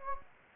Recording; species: mosquito wingbeat signal from an infrared sensor; Anopheles gambiae